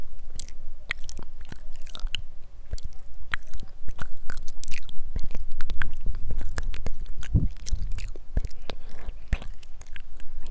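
Wet mouth sounds fill the clip with quick clicks and smacks, dense and irregular, several every second. A soft low hum sits underneath throughout, with a slightly fuller stretch of noise around the middle and a sharp snap near seven seconds.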